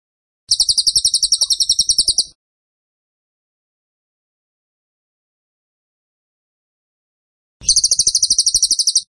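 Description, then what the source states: Bird song: two bursts of very fast, high, rattling notes, each under two seconds, separated by about five seconds of silence. Training (masteran) recording for cage birds; song style called tembakan; bird singing vigorously (gacor).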